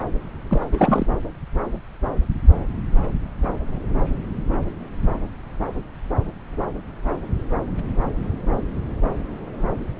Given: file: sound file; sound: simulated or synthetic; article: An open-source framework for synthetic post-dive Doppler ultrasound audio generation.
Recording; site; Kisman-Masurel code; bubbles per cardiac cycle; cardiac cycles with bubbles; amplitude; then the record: Doppler ultrasound audio after a dive; subclavian; 212; several, 3–8; 1–10%; moderate amplitude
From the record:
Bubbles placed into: full cardiac cycles